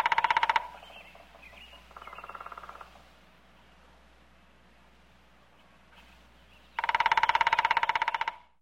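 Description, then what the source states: Woodpecker drumming in fast rattling rolls of evenly spaced knocks, a softer roll in between, and a long loud roll near the end. Knocking on a tree.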